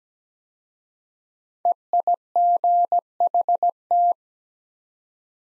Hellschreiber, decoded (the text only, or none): none